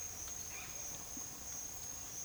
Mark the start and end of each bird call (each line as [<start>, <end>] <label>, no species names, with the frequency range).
[0.00, 0.75] bird call (0.4-4.1 kHz)